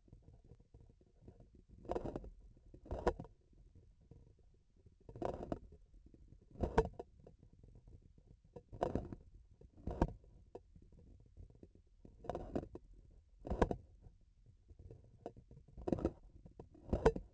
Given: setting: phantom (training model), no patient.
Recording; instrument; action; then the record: laparoscopic instrument, vibration sensor on the handle end; grasping forceps; opening and closing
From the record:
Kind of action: tool actuation without material contact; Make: Olympus